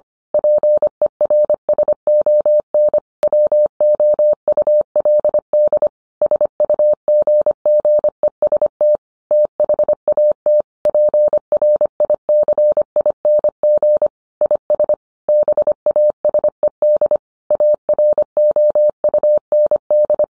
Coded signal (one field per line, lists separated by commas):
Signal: Morse code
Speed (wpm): 25 wpm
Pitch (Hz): 600 Hz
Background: none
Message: PERSON WOULD SUGGEST THAT PRICING IS BASED AROUND